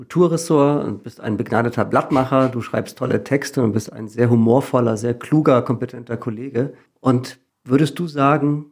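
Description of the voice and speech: Adult male speaker talking in German. Normal, fluent speech.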